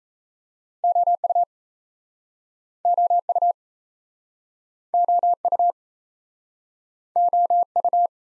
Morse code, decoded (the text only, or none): OU OU OU OU